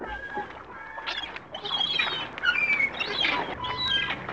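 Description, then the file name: Gulls calling, several overlapping mewing and yelping cries with harsh harmonic tones, some rising and falling, over steady rushing background noise. "seagulls"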